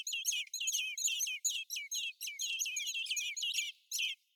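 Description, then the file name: Eurasian blackbird calls, a rapid series of loud, twisting squeaky notes delivered almost without break. "Turdus merula"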